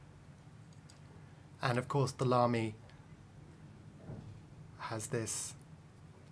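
Someone talks while handling the plastic cap of a LAMY 2000 fountain pen, about to push it onto the pen body. Only faint, brief handling sounds are heard under the speech. Nothing has seated or clicked yet.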